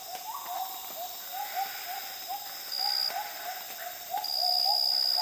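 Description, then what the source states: Gibbon calls as quick, swooping hoots repeated rapidly, some notes climbing higher, while a high insect whine comes and goes behind. Calm dawn chorus in the rainforest jungles of Borneo, with insects and soft fog drip.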